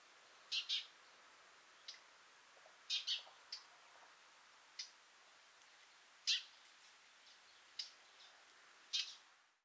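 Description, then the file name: House sparrow calling with brief scratchy chirps, some doubled, scattered irregularly throughout over a soft hissy background. "Passer domesticus"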